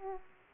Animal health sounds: mosquito wingbeat signal from an infrared sensor; Aedes aegypti

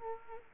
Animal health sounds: mosquito wingbeat signal from an infrared sensor; Culex quinquefasciatus

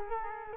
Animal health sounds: mosquito wingbeat signal from an infrared sensor; Culex quinquefasciatus

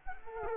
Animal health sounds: mosquito wingbeat signal from an infrared sensor; Culex quinquefasciatus

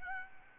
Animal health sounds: mosquito wingbeat signal from an infrared sensor; Aedes albopictus

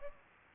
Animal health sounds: mosquito wingbeat signal from an infrared sensor; Aedes aegypti

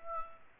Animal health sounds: mosquito wingbeat signal from an infrared sensor; Aedes aegypti

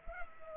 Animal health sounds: mosquito wingbeat signal from an infrared sensor; Culex pipiens

